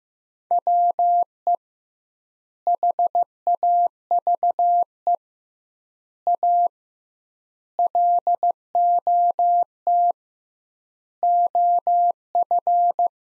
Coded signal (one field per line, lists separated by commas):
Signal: Morse code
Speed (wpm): 15 wpm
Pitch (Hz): 700 Hz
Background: none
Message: WE HAVE A LOT OF